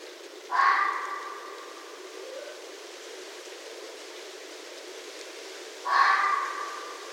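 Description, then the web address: Red fox giving two harsh calls about five seconds apart, each trailing off, with steady background hiss between. Recorded on 7 December 2011. "Red Fox 2011 12 07"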